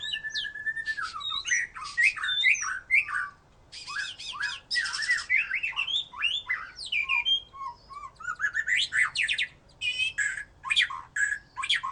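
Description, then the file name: White-rumped shama song, a rich run of whistled slurs, rapid buzzy trills and sharp chatter phrases, nearly continuous with short pauses. "murai batu"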